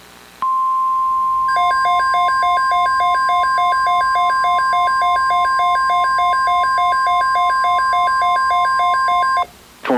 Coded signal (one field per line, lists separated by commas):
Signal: Emergency Alert System (SAME) tones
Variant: 1050 Hz attention tone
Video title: FIRST TORNADO OF 2026 | 3/11/2026 (EAS #1,811-29)